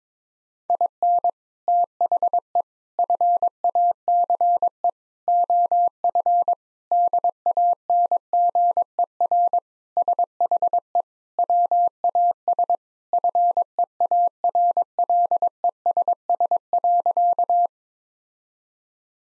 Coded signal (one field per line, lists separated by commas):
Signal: Morse code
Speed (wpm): 22 wpm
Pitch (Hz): 700 Hz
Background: none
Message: IN THE FACE OF DANGER SHE WAS FEARLESS.